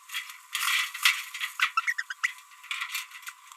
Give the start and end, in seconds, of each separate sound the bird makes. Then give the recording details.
1.77-1.80, 1.88-1.93, 1.99-2.02, 2.10-2.13, 2.24-2.31. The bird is a female. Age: 30 days. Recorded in a nest box in Venezuela. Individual 17B42B1